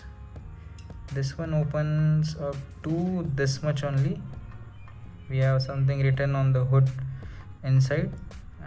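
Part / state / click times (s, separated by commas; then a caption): hood of a die-cast toy car closing onto the body / not seated / none. The openable hood of a Hot Wheels Ultra Hots '64 Dodge 330 die-cast toy car is being handled while someone talks over background music, with a few faint small ticks near the start. The hood has not snapped shut yet, and nothing has seated or clicked by the end of the clip.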